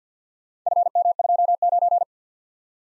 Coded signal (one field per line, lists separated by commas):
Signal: Morse code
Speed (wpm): 51 wpm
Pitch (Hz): 700 Hz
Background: none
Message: FM29